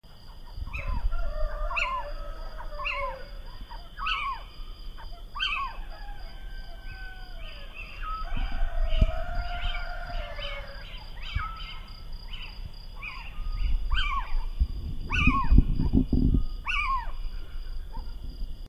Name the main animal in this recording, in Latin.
Athene noctua